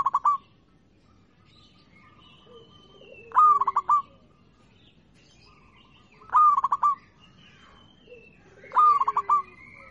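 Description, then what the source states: Zebra dove song with loud stuttered coo phrases about every three seconds, softer cooing and faint lower descending notes in between. Local (lokal) bird, chirping.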